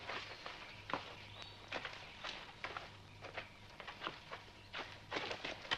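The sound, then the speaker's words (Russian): Footsteps of three people crunch through forest undergrowth at a steady walking pace, with uneven, overlapping steps snapping over leaves and twigs against a quiet background hum. “Сквозь лес идет Тарас, Серафима и Костя.”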